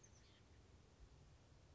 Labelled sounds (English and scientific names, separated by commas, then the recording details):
Oak Titmouse (Baeolophus inornatus)
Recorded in Sonoma County, California